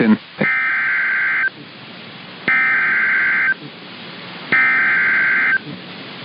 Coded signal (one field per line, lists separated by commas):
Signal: Emergency Alert System (SAME) tones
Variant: header bursts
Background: speech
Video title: The Madness of Storms part 4 -- eas alerts from march and april (eas #109 - #123)